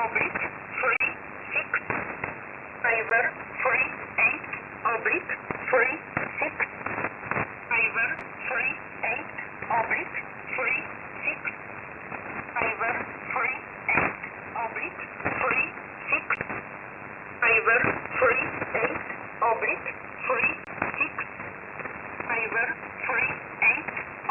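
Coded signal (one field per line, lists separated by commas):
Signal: numbers station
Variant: E11 Oblique, English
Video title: 07 06 2021 Number station E11 Oblique in English to Eu 0900 on 7449 unknown tx site in USB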